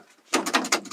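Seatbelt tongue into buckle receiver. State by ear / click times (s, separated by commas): seated / 0.7 s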